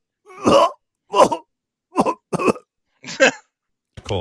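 Six short, throaty coughs from an adult man, about a second apart, mixed with throat clearing: a plain cough.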